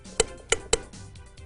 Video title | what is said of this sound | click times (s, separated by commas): Phlebotomy Container Automatic Needle Disconnect AND Sharps Disposal System 360p | then slowly push to the end of the stroke these three clicks will be heard | 0.2 s, 0.5 s, 0.7 s